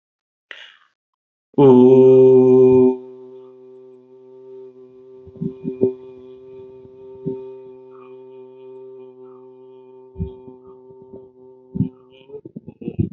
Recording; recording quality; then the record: sustained vowel as in boot; moderate, slight background noise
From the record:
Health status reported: healthy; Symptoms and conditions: hypertension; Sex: male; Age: 52 years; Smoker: not ticked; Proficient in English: yes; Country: India